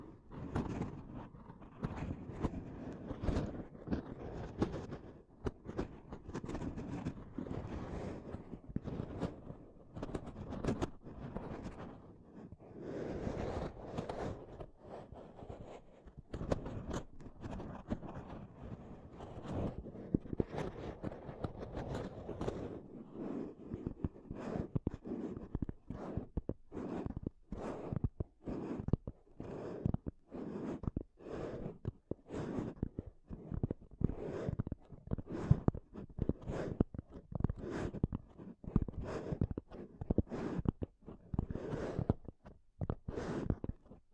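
Dense mic scratching and rubbing gives way after about 25 seconds to sharp, evenly spaced taps, roughly two per second, to the end.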